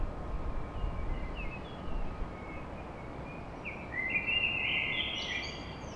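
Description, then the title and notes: Common blackbird singing one mellow warbled phrase that breaks into a thin high twitter, with faint softer notes before it and constant low background hum. Blackbird song recorded at dawn in Paris. "Blackbird Poetry At Paris. Enregistrement d'un chant de merle à l'aube dans Paris"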